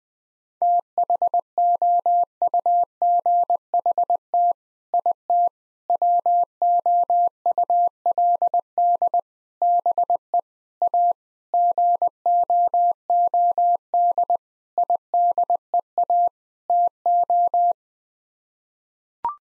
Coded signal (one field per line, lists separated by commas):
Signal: Morse code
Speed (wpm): 20 wpm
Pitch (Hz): 700 Hz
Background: none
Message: THOUGHT IT WOULD BE A GOOD IDEA TO